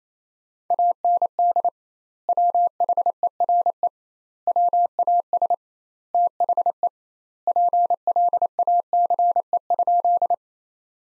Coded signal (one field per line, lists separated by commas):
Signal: Morse code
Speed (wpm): 28 wpm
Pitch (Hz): 700 Hz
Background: none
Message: AND WHERE WAS THE PLACE?